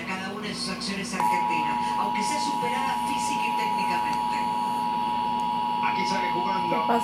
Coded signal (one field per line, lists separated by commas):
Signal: Emergency Alert System (SAME) tones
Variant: 853 and 960 Hz attention tone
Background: speech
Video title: 2 emergency alert system videos